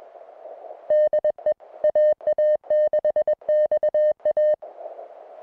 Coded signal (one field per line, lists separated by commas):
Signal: Morse code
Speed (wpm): 21 wpm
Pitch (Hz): 610 Hz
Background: music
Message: DE AA6XA